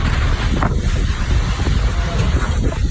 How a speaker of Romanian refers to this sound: It sounds like a jet engine. Just screaming winds.